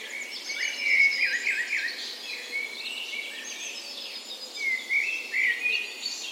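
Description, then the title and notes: Many birds singing at dawn, overlapping whistles and chirps with a few louder bursts. Recorded in a park west in Bergen, Norway, on the morning of 17 May, Norway's National Day, in spring; Sony PCM A10 recorder with LOM Usi microphones as tree ears. "17th Of May Dawn Chorus. Recorded on the morning of Norways National Day the 17th of May in a park west in Bergen. Spring is in full effect, and the dawn chorus sounds wonderful!"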